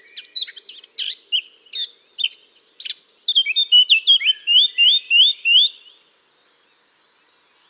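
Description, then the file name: Eurasian blackcap song: scratchy chattering notes give way to a clear run of repeated fluty whistles, then a brief pause and one thin high whistle. "Sylvia atricapilla"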